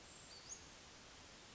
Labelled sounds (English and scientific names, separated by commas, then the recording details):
Western Flycatcher (Empidonax difficilis)
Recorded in Sonoma County, California